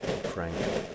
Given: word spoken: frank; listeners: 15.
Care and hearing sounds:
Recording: one English word in noise, from a listening test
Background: noise modulated by three-talker babble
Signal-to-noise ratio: -4.2 dB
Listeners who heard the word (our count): 1 of 15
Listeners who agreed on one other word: 10 of 15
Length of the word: 0.55 s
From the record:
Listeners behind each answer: 10, 3, 1, 1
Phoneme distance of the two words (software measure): 10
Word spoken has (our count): 1 syllable, 5 phonemes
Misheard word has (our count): 1 syllable, 5 phonemes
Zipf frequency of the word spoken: 4.64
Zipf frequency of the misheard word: 4.39

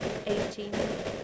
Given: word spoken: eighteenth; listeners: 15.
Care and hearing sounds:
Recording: one English word in noise, from a listening test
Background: noise modulated by three-talker babble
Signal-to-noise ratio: -6.1 dB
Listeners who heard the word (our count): 1 of 15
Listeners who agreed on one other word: 12 of 15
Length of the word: 0.84 s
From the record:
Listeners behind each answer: 12, 1, 1, 1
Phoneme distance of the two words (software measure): 7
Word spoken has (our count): 2 syllables, 5 phonemes, stress on syllable 1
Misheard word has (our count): 2 syllables, 4 phonemes, stress on syllable 1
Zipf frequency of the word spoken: 2.36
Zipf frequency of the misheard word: 2.85

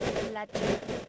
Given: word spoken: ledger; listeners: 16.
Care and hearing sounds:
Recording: one English word in noise, from a listening test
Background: noise modulated by three-talker babble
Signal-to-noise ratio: -7.7 dB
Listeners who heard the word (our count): 1 of 16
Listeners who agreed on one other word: 10 of 16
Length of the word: 0.68 s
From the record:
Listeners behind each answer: 10, 1, 1, 1, 1, 1, 1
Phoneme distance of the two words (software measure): 14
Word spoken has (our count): 2 syllables, 4 phonemes, stress on syllable 1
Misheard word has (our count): 2 syllables, 6 phonemes, stress on syllable 1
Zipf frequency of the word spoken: 2.90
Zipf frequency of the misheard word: 4.34

